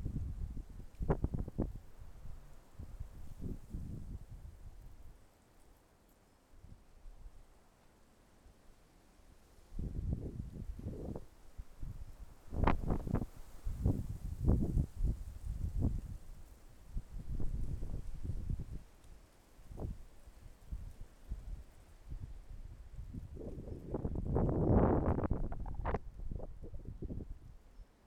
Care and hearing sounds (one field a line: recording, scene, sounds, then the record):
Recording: everyday scene through a hearing-aid microphone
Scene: wind on the microphone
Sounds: wind, traffic, birds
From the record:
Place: suburban garden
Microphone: behind the ear, left, front